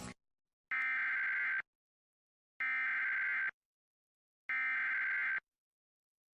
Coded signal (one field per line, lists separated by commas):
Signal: Emergency Alert System (SAME) tones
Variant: header bursts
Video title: Coastal Flood Warning on WMCN [EAS #209]